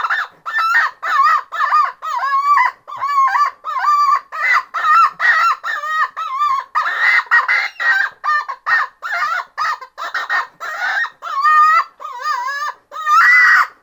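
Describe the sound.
Chicken distress calls: loud, harsh squawks with wavering pitch, given in a rapid, continuous series throughout.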